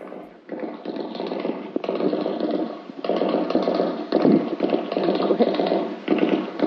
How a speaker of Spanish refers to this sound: grabó su voz en un cassette, recitando algunos de sus versos, mientras el sonido de un fusil FAL se escuchaba como telón de fondo.